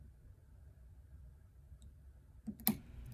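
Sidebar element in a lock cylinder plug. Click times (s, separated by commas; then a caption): 2.7 s. A high-security lock is being picked with hooks under tension. The bottom interactive sidebar element in the cylinder plug sets at the shear line, and at 2.7 s there is a sharp, distinct click as the plug rotates slightly. Quiet low rumble fills the rest of the clip, and the element is confirmed set.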